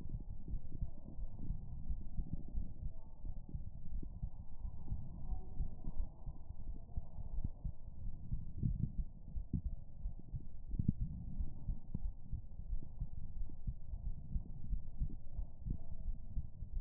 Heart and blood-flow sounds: heart sounds by stethoscope; pulmonary valve (PV); 89 bpm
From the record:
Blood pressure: 112/71 mmHg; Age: 66 years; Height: 160 cm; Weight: 53 kg

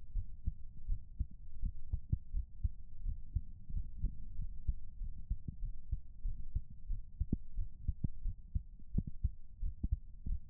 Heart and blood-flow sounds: heart sounds by stethoscope; pulmonary valve (PV); 93 bpm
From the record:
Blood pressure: 136/94 mmHg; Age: 34 years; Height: 164 cm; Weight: 64 kg

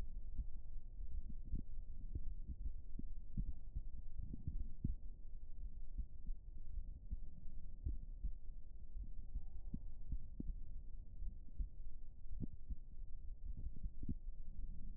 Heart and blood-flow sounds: heart sounds by stethoscope; pulmonary valve (PV); 53 bpm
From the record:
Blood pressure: 113/57 mmHg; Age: 45 years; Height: 150 cm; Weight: 45 kg

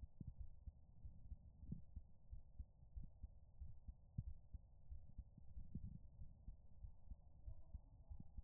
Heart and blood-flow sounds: heart sounds by stethoscope; pulmonary valve (PV); 96 bpm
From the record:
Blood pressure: 118/78 mmHg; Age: 29 years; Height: 161 cm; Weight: 86 kg

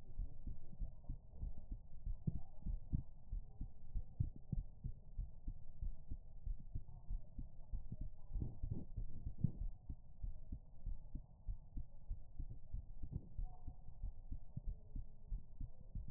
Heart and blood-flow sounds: heart sounds by stethoscope; pulmonary valve (PV); 91 bpm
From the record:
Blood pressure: 105/74 mmHg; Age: 27 years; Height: 156 cm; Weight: 62 kg

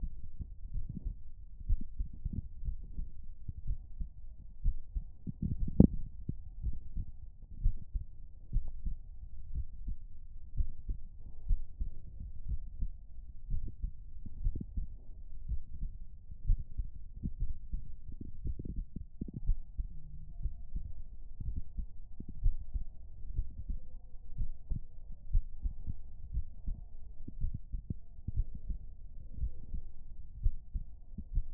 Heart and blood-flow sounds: heart sounds by stethoscope; pulmonary valve (PV); 61 bpm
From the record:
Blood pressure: 113/69 mmHg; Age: 29 years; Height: 178 cm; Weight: 65 kg

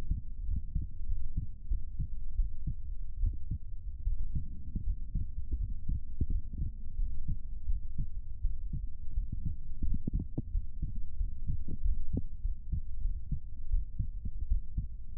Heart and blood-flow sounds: heart sounds by stethoscope; pulmonary valve (PV); 91 bpm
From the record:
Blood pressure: 117/69 mmHg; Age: 28 years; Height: 165 cm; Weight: 57 kg

